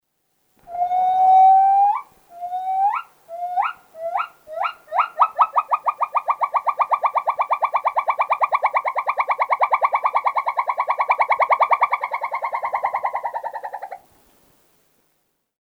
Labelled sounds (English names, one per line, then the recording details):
Silvery Javan Gibbon
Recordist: Tembrock, Günter
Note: Gesang eines Weibchens